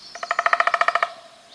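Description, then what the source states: Downy Woodpecker drumming: a short, even roll of many rapid strokes, lasting about a second. Drum roll described as rather modest, rather short and not too fast.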